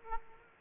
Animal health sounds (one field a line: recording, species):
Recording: mosquito wingbeat signal from an infrared sensor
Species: Aedes aegypti